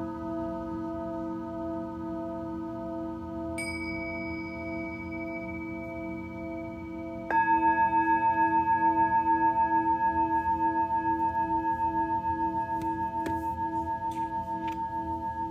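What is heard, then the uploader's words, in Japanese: Singing bowls ring in long, sustained tones with a steady pulsing shimmer over a low hum. A bright, high bowl is struck around four seconds, and a louder strike near seven seconds swells the sound, followed by a lighter tap around thirteen seconds. 春分 メキシコから シンギングボウルのサウンドヒーリング。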